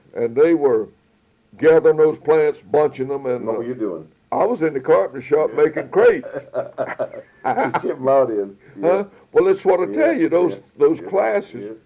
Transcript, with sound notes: And they were gathering those plants, bunching them…
What were you doing?
I was in the carpenter shop making creates. (laughter) Well, that it, what I tell you, those classes.